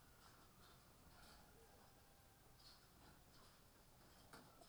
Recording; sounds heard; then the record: poultry house recording; healthy chickens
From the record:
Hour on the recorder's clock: 18